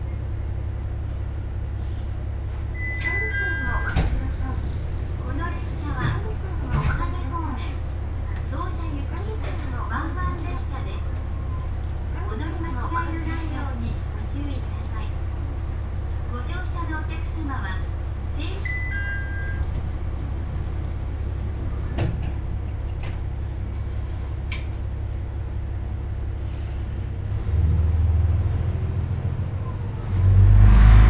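Inside a train on the Ibara Railway, a steady low engine rumble carries scattered voices and clicks, with a louder thump near the end.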